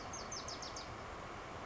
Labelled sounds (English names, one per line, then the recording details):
Bewick's Wren
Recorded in Sonoma County, California